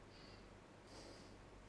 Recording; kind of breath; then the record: one breath in and out by a microphone near the nose and mouth; normal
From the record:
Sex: male